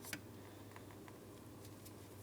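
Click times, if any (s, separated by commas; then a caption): none. An electrical connector, locking tab facing down diagonally, is handled at the cooling fan assembly of a 2004-2008 Pontiac Grand Prix 3.8L V6 during A/C condenser replacement. Light handling taps are heard at about 0.1, 0.8 and 1.1 seconds over a steady low hum. Nothing has seated or clicked yet.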